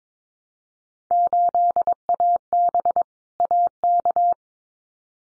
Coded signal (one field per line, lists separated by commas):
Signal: Morse code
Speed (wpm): 22 wpm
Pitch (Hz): 700 Hz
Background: none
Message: 8AB AK